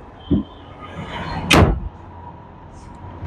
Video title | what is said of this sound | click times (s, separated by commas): Bridal Furniture Karachi - Karimabad Furniture Market - Furniture Karachi - Furniture Designs 2023 | ये कि automatic lock हो जाता है पीछे से जाके। | 1.5 s